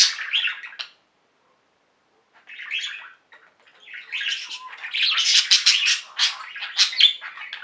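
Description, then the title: Budgerigar chatter: bursts of scratchy, squawking chirps at mid-high pitch, a short burst, a pause of over a second, another short burst, then denser warbling toward the end. "Budgie Sounds"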